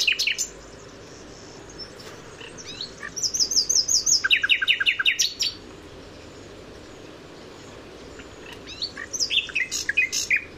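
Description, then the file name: Common nightingale singing a rapid high trill that shifts into loud repeated chirping notes, pausing, then returning with more varied phrases. "Luscinia megarhynchos"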